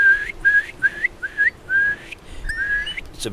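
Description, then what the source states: Eurasian curlew rolling call, several short rising whistled notes followed by longer whistled notes. Best-known rolling call, heard in winter on Irish estuaries and wetlands; called the sound of winter.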